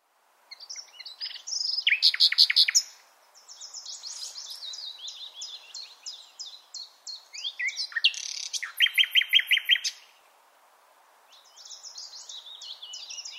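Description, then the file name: Common nightingale song: varied high phrases, a loud rapid run of repeated notes early on, quieter warbling, then another loud run of repeated notes, a pause and more soft phrases. "Luscinia megarhynchos"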